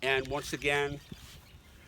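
Someone talks briefly as a hunting knife is handled near its plastic sheath, before being pushed in until it locks with a positive click that shows it is secure. After the speech there is only quiet background, with a faint brief sound near 1.9 s, and nothing has seated or clicked yet.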